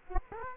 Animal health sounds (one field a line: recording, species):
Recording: mosquito wingbeat signal from an infrared sensor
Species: Culex quinquefasciatus